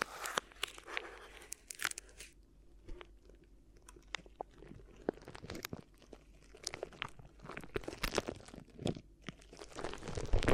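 Crinkly ear massage sounds: dense bursts of crisp crunching and crackling, thick through the first two seconds and again from about seven seconds on. In between, the rustling thins to scattered sharp ticks and snaps over a faint low hum.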